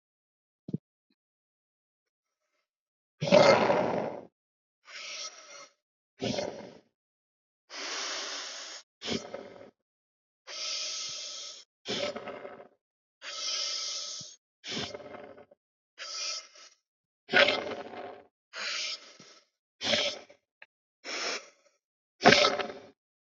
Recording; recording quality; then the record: deep breathing; excellent, no background noise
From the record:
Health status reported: respiratory illness, not identified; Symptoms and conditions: asthma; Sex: female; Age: 37 years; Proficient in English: yes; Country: India